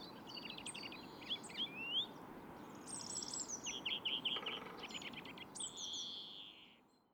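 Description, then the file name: European greenfinch calls, repeated chirps and fast twittering trills, fading out at the end. "Chloris chloris"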